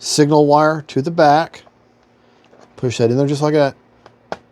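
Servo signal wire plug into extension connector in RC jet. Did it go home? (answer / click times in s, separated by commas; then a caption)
yes / 4.3 s. A plastic servo signal-wire plug is pushed into its mating extension connector inside an RC jet fuselage while someone talks. After a quiet pause, small ticks come through, and the plug clicks in and seats at 4.3 s.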